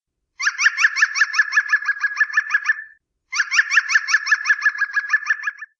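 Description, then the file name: European green woodpecker giving two loud laughing series of rapid yelping notes, each about two and a half seconds long. "Gruenspecht"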